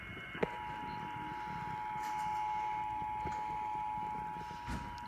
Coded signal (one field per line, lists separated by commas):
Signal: Emergency Alert System (SAME) tones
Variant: 853 and 960 Hz attention tone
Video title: Required Monthly Test EAS #4